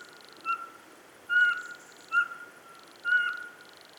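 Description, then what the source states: Eurasian pygmy owl giving four clear, piping whistled notes on one pitch, with a pulsed, rhythmic buzzing in the background. Calling from the top of a spruce; 27 September 2017, near 8 pm, 12 degrees, foot of Pic de Bure, Dévoluy massif; recorded by nature sound recordist Fernand de Roussen.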